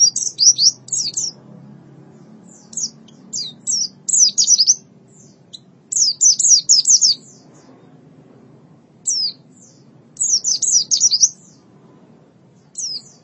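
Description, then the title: White-eye singing in repeated short bursts of high, quick chirping slurs with brief pauses between, faint background hum. "Kicauan Burung Pleci"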